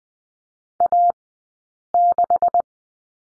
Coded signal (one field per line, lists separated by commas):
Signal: Morse code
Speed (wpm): 20 wpm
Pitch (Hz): 700 Hz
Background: none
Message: A6